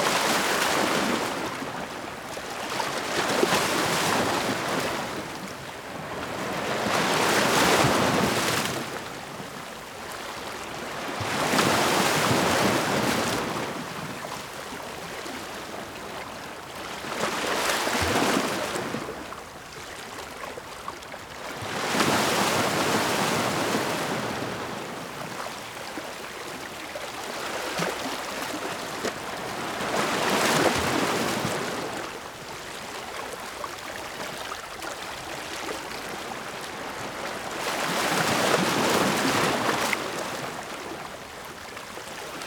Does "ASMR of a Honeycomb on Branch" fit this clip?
no